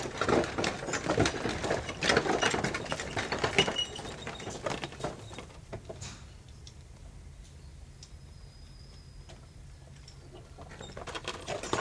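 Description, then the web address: Horse hoofbeats, a quick run of sharp clattering knocks with cart rattle for about six seconds, then fading to quiet with only faint low rumble. One horse pulling a cart at a walk, approaching, stopping and then departing. "BBC Horses Carts"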